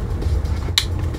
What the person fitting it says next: 아 딸깍거리는 소리가 나네요 .